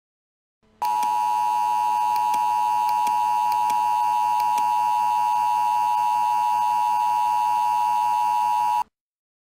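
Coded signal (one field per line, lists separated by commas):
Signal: Emergency Alert System (SAME) tones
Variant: 853 and 960 Hz attention tone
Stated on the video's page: South Korean emergency alert alarms.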